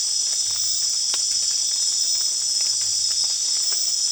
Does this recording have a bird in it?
no